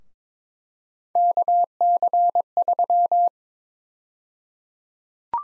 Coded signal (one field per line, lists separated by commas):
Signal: Morse code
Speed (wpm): 22 wpm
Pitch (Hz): 700 Hz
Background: none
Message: KC3